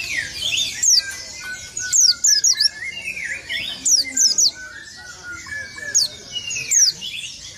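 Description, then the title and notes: White-eye song: quick clusters of sharp, high-pitched twittering notes repeated in short bursts, with lower slurred whistles and chirps beneath. Local name pleci. "Burung Peci. kumpuln pleci terbaru"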